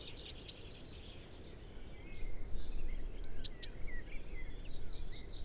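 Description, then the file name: Eurasian blue tit song: sharp high opening notes leading into a fast falling trill, repeated twice about three seconds apart, with faint background chirps. "Cyanistes caeruleus"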